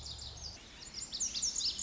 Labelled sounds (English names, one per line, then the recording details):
Lazuli Bunting
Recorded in Sonoma County, California